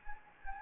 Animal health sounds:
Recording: mosquito wingbeat signal from an infrared sensor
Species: Anopheles gambiae

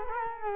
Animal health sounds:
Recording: mosquito wingbeat signal from an infrared sensor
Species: Culex quinquefasciatus

